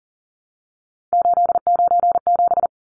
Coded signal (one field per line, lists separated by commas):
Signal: Morse code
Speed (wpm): 40 wpm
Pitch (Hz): 700 Hz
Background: none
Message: 897